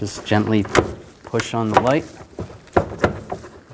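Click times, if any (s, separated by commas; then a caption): 2.8 s, 3.0 s. Someone talks while the plastic tail light assembly of a 2007-11 Honda CR-V SUV, its pins lined up, is gently pushed into the rear quarter panel. Two sharp clicks follow at 2.8 s and 3.0 s as the assembly locks into place.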